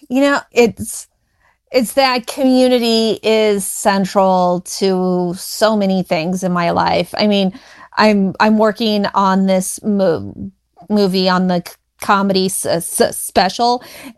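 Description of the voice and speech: An adult woman speaks conversationally, with word repetitions ("it's… it's", "I'm I'm"), a part-word repetition ("s-s-special"), stretched sounds and a held "m" before "movie", plus several pauses. These are typical disfluencies of stuttering, a speech fluency disorder.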